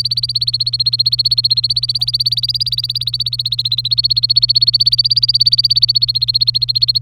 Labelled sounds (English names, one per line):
Domestic Canary song